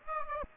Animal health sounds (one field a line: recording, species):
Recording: mosquito wingbeat signal from an infrared sensor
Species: Aedes aegypti